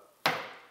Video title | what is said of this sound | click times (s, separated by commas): GPU Crypto Mining Rig - DIY Build and Experiences, 1.7-1.8 Mhash/s | it just snaps back into place and I don't have to worry about anything falling off. | 0.3 s